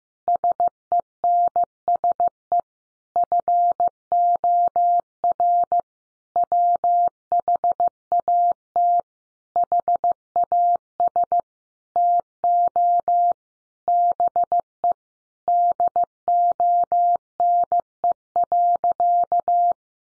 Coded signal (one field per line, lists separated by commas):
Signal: Morse code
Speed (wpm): 15 wpm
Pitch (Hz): 700 Hz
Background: none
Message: SENSE FOR WHAT HAS TO BE DONE.